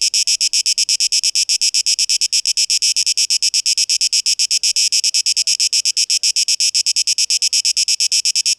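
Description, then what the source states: Cicada song of high, rasping buzz pulses repeated quickly and evenly throughout. 12 August 2023.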